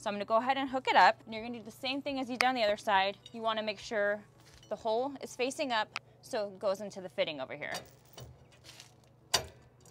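Someone talks while the passenger-side steel sway bar of a Blue Ox weight distribution hitch on an Airstream is slid hole-up into its fitting on the hitch head, with faint metallic clinks near the end. A sharp click at 9.4 s marks the lock engaging as the sway bar seats in the fitting.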